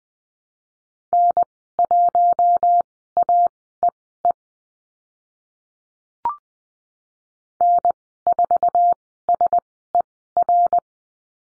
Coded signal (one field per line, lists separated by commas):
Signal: Morse code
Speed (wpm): 20 wpm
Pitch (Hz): 700 Hz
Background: none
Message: N1AEE N4SER